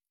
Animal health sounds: hydrophone in a shrimp aquaculture tank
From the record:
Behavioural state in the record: stressed

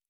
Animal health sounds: hydrophone in a shrimp aquaculture tank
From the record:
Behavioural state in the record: normal

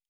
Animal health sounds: hydrophone in a shrimp aquaculture tank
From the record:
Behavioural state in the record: normal

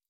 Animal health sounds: hydrophone in a shrimp aquaculture tank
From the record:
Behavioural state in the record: stressed

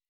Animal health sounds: hydrophone in a shrimp aquaculture tank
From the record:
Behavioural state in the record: weakened

